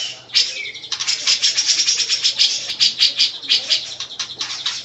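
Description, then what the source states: Grey-cheeked bulbul giving a dense, rapid, high-pitched chatter of harsh buzzy notes, pulsing almost continuously with brief dips in loudness. Long-duration master song used for training songbirds.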